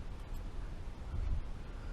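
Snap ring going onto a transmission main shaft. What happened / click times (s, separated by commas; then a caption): The ring is being worked onto the shaft but has not snapped into place / none. A snap ring is lifted with a tool and worked onto the main shaft of a 4-speed Harley Knuckle, Pan and Shovelhead transmission, started on the shaft but not yet pushed into its groove. Only a steady low rumble and broadband noise are heard, with no sharp transients. Nothing has seated or clicked yet.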